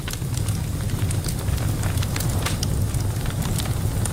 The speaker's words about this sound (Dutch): Het is gezellig, een brandende open haard of houtkachel. Maar nu de energieprijzen zo hoog zijn, wordt hij steeds vaker gebruikt als verwarming.